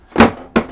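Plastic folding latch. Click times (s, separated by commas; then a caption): 0.6 s. A VEVOR 4 ft heavy-duty portable fold-in-half plastic utility table for indoor and outdoor use is folded shut with its carry handle out. A softer contact thump at 0.2 s is followed by a sharp click at 0.6 s as the closure latch locks the table shut.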